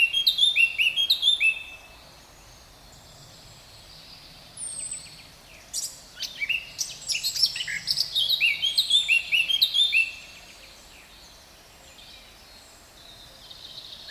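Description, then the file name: Eurasian blackcap song: a quick burst of high chirps, a pause, then a longer rich warble of varied whistled and scratchy notes, ending in quiet background hiss. "Sylvia atricapilla"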